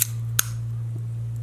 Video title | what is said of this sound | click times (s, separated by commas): How to Add or Remove the Z-bar Key Retainer on an ABUS Padlock | heard that click | 0.4 s